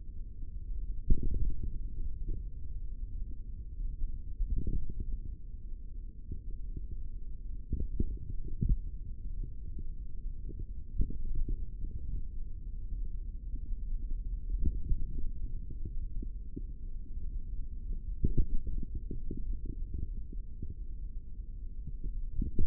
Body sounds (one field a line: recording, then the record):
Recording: forearm muscle sounds (acoustic myography)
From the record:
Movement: tripod grip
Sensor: system 3, bracelet of six PUI Audio POM-2738L microphones around the upper forearm, with dedicated amplification and filtering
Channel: 5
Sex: male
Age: 23 years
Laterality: right